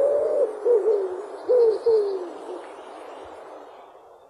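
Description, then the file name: Common wood pigeon cooing, a short burst of low coos in the first two seconds, then only a gentle background hiss. "ringdue"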